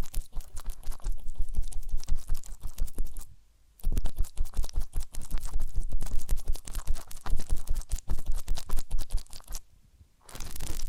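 Dense scratching and rubbing, like fingers or a tool working during an ear-cleaning massage. The rapid crackly strokes run almost continuously, breaking into brief silences near 3.5 seconds and again around 10 seconds before resuming.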